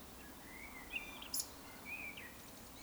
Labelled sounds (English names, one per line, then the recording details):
Eurasian Woodcock whistle
Eurasian Woodcock croak
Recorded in Baden-Württemberg, Germany, on 18 June 2021 at 19:33 UTC
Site 49334, 1074 m above sea level